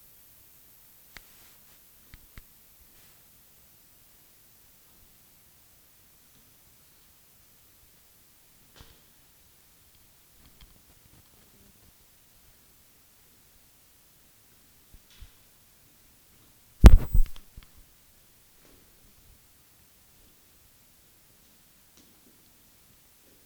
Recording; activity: daily activity, guitar pickup as the sensor; go downstairs